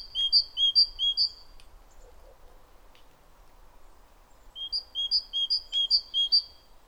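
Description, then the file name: Great tit song: bright, ringing two-note phrases repeated rapidly in a short first burst, then a pause and a second, longer burst. "Parus major"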